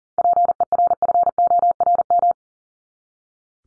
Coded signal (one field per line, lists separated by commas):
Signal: Morse code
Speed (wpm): 40 wpm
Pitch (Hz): 700 Hz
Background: none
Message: PERFORM